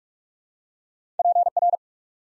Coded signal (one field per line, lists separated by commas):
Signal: Morse code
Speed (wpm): 47 wpm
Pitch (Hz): 700 Hz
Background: none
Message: PR